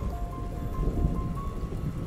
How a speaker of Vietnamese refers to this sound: Trời đang mưa, lại còn đang sấm chớp.